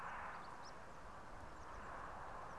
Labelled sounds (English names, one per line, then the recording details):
Eurasian Blue Tit
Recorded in Germany
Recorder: ecoPi